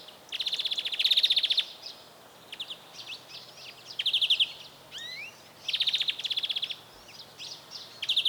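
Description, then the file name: European greenfinch trilled calls, long rapid buzzing bursts repeated several times, interrupted by sliding whistled chirps. "Chloris chloris"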